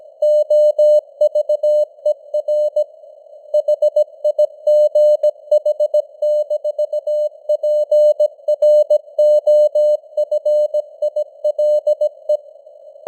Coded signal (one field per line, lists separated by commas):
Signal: Morse code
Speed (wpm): 17 wpm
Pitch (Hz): 600 Hz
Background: none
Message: OVER HIGH-PROFILE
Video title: Morse Code News | 2025-11-02 | 17wpm